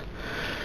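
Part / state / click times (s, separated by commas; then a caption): plastic knee joint of a small transforming robot toy / not seated / none. The loose plastic knee joint of a small transforming robot toy is moved, giving only a soft, steady, broadband rustle with a faint brief blip at the very end. The loose knee does not snap into place, and nothing has clicked.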